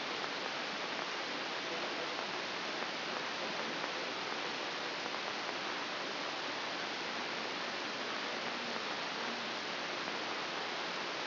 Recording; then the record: brain microelectrode recording played as sound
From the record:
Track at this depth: inside the subthalamic nucleus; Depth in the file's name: 2.831 mm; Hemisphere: left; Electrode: 3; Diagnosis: Parkinson's disease